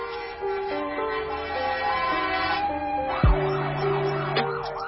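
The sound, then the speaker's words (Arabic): A fire engine siren sounds loudly as the fire engine arrives at a school yard, holding steady stepped tones before switching to a rapid rising-and-falling wail over a low engine rumble, with no voices. “دقائق قليلة ووصلت سيارة الإطفاء.”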